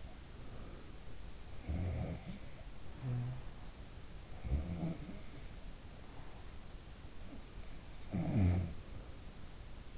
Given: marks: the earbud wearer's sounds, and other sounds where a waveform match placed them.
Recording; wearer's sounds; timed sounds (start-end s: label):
sounds in sleep by an in-ear microphone; breath
0.00-1.25 s: breath
1.47-3.74 s: sound from someone else or the room
4.20-6.69 s: sound from someone else or the room
7.04-9.05 s: sound from someone else or the room